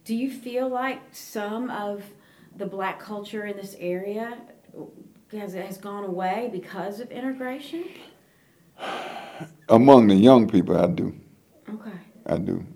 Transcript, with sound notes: Do you feel like some of the black culture in this area has gone away because of integration?
(Sighs) …Among the young people, I do.
Okay.
I do.